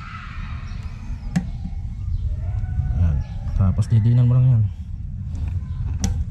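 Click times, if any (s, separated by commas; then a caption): 6.0 s. After a new fuel filter is fitted on a Suzuki Address scooter, the plastic lock clip is pressed onto the fuel hose coupling at the filter/pump fitting while someone talks. A sharp click at 6.0 s marks the clip snapping home, leaving the coupling locked so it won't come off easily.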